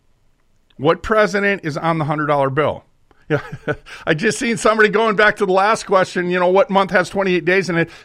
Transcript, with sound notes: What president is on the $100 bill? (laughs) I just seen somebody going back to the last question, you know, what month has 28 days in it?